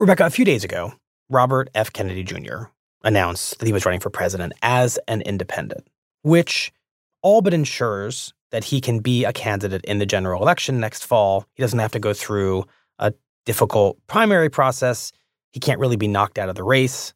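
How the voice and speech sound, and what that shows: Clear, fluent adult male speech at a steady conversational pace, with ordinary pauses between phrases.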